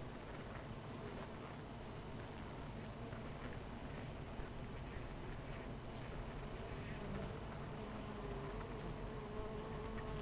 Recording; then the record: honeybee colony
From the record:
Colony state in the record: missing queen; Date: 14 July 2017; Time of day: 9:06